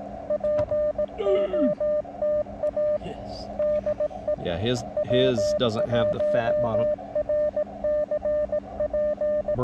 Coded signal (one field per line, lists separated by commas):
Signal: Morse code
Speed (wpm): 18 wpm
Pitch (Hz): 600 Hz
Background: speech, radio noise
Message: POTA DE W1RCP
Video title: Will It POTA? - Field Testing the DIY Elecraft AX2 Style Short Base-Loaded Vertical Antenna (day 1)